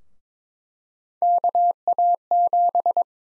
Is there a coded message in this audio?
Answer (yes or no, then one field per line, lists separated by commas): yes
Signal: Morse code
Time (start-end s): 1.2-3.0 s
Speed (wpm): 22 wpm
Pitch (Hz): 700 Hz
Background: none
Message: KA7